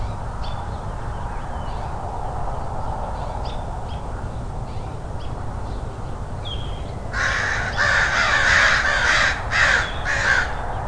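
Crow cawing: faint scattered calls at first, then a burst of loud, harsh caws over the last few seconds against a low steady rumble.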